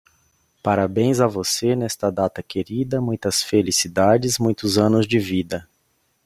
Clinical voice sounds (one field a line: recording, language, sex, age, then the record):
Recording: short text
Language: Brazilian Portuguese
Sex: male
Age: 30 to 39 years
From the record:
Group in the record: control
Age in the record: 36 years